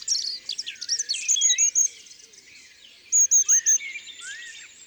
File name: Mesange a longue queue ABC des chants doiseaux